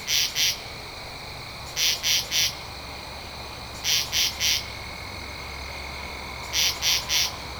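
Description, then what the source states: Katydid calling in raspy bursts of two or three harsh pulses, the groups spaced well apart, over a steady high insect hum. Recorded 2 October 2012.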